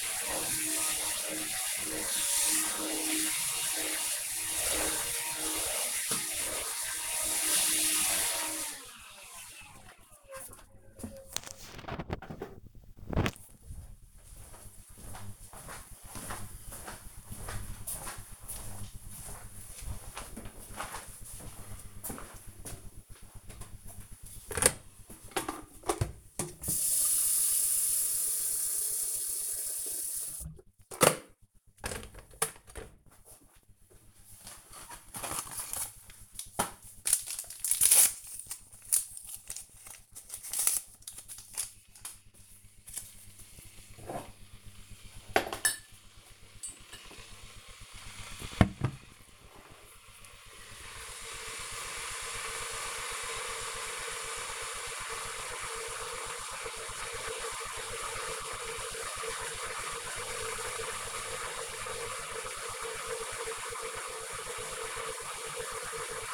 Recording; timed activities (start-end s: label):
household activities, microphone on the right wrist
0.00-9.20 s: vacuum cleaning
23.30-66.34 s: making tea